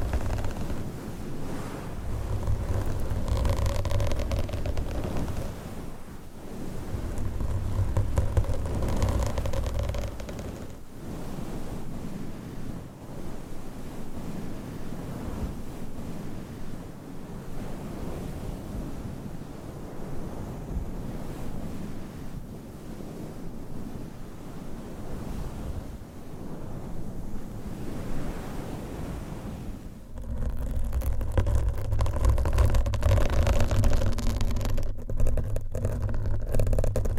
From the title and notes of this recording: ASMR Mic Scratching Brain Scratching with 50 DIFFERENT MICSCovers & Nails No Talking.